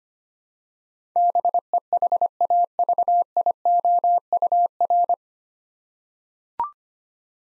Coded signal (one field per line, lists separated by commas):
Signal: Morse code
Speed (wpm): 25 wpm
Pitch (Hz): 700 Hz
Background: none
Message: BEHAVIOUR